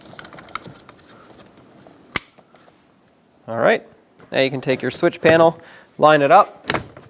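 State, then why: Not seated. A plastic switch panel is handled and lined up over the door trim of a 2007-2014 Chevrolet Silverado 2500HD during a mirror switch replacement, with soft taps and a sharp knock near 2.2 s and another near 6.7 s while someone talks. The clip ends before the panel is pressed down, so nothing has seated or clicked yet.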